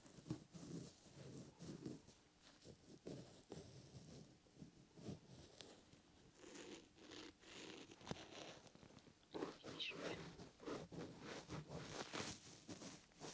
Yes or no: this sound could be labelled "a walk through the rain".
no